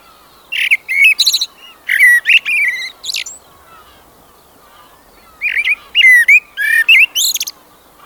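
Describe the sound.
Common blackbird song: two phrases of mellow warbled whistles, each closing with thin high squeaky notes, separated by a pause of about two seconds.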